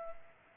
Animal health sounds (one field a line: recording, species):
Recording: mosquito wingbeat signal from an infrared sensor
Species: Culex pipiens